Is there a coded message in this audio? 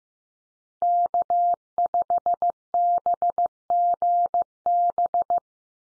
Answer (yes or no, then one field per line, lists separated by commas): yes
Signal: Morse code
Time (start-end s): 0.8-5.4 s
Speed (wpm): 15 wpm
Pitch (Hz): 700 Hz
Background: none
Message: K5BGB